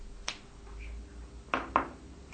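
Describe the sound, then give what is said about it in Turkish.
A door closing, heard as sharp latch-like clicks: a single click, a pause of over a second, then two quick clicks close together, fairly quiet over a low steady hum. “Kapı kapandı.”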